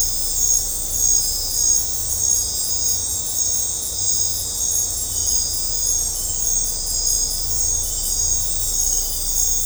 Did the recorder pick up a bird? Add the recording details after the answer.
no. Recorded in dense forest near Puerto Asís, Putumayo, Colombia, on 18 December 2024 at 20:00. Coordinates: 0.503, -76.323. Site G043